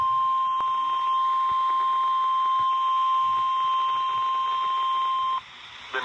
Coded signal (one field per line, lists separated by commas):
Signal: Emergency Alert System (SAME) tones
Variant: 1050 Hz attention tone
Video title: EAS Tornado Warning Le Sueur County Minnesota NOAA Weather Radio WNG685